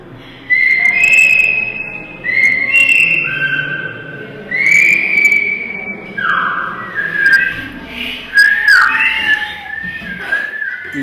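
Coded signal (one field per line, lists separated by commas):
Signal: whistled language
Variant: Silbo Gomero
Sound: loud, high whistled phrases with steady notes and sliding pitch jumps, short pauses between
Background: faint outdoor background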